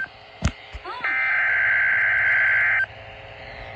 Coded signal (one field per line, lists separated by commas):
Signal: Emergency Alert System (SAME) tones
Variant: header bursts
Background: speech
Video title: SVR #15 (EAS #26)